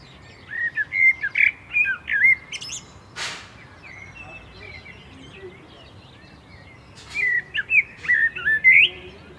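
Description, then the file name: Common blackbird delivering two fluted, warbling song phrases with squeaky high endings, separated by a pause; one brief click-like noise between them. "Turdus merula"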